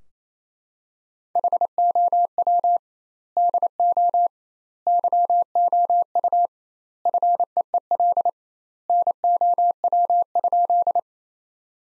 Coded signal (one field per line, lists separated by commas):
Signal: Morse code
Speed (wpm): 28 wpm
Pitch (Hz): 700 Hz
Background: none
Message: HOW DO YOU FEEL NOW?